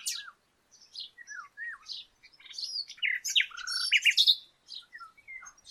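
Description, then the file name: Common nightingale song of scattered slurred whistles building into louder, varied chirps and trills, then fading to soft notes. "Luscinia megarhynchos"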